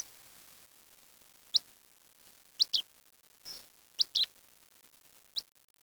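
Bird chirps: short, sharp high notes given singly or in quick pairs, spaced irregularly about a second apart, against quiet background.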